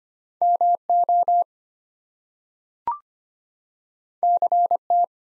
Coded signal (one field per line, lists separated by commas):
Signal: Morse code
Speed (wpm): 25 wpm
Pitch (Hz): 700 Hz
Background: none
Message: MO CT